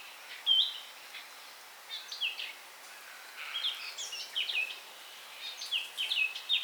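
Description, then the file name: Eurasian blackcap warbling, scattered chirps and fluty slurs in several short phrases, over steady background hiss. "Sylvia atricapilla"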